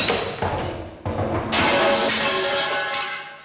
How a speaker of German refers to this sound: Zu spät. Der Scheinwerfer traf ihn im Genick, stampfte seinen Körper zusammen, polterte zu Boden.